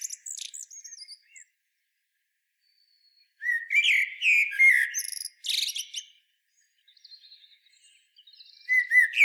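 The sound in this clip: Eurasian blackbird song: soft high twitters, then a loud fluty warbled phrase ending in shrill squeaks, followed by quieter scratchy notes and a new phrase.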